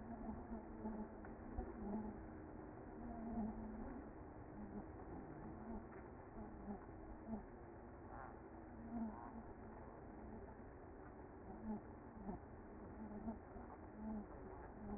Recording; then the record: honeybee colony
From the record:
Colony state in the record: active